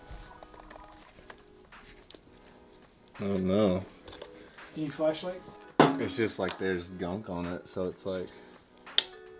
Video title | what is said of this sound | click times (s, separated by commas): Are Ducatis HARDER to work on than Yamahas? - SBS Brake Pads Review | There it goes. I just heard it click in place. | 9.0 s